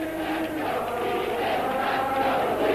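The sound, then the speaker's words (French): A large crowd in the street roars a single rallying cry, "Unité" (unity), in unison, a dense, sustained wall of many voices shouting together at steady loudness for the whole few seconds, with no single voice standing out. “Les dirigeants s'avancent pour parlementer, mais de la foule, déjà s'élève un seul cri. Unité.”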